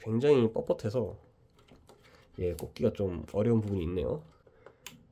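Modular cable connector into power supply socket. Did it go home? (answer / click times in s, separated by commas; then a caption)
yes / 4.7 s, 4.9 s. Stiff modular cables are pushed into the sockets of a Skydigital PS7-CSZ1000V5 fully modular ATX 3.1 power supply, with both connectors latching. Someone talks, then faint handling ticks follow, and two clicks at 4.7 s and 4.9 s mark the connectors seating, the second sharp and loud.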